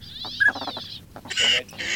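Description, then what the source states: Northern pintail calls: a wheezy arching note and a short clear whistle with a few low nasal notes, followed by loud harsh noisy bursts. Decoy sound for luring birds.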